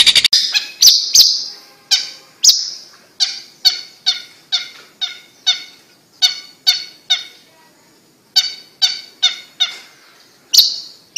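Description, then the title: Bird chirping in irregular runs of crisp ringing notes, pausing briefly and resuming with more spaced chirps. "Kicau Burung Yoi"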